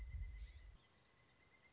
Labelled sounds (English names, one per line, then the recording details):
Pileated Woodpecker
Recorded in Sonoma County, California